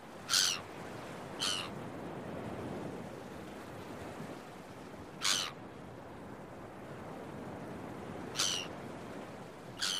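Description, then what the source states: Gull calls, five short rasping cries spaced irregularly over a constant roar of breaking waves. Early morning on a beach with waves.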